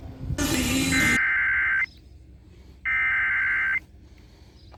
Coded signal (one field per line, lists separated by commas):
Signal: Emergency Alert System (SAME) tones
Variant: header bursts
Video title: Ohio Severe Weather Event (EAS #1652-1662)